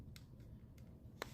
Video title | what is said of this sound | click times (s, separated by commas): Mr. Beams MB300 Battery Powered Motion Sensing LED Mini Spotlight Review and DEER DETERRENT? | before you push it down and it locked quite well | 1.2 s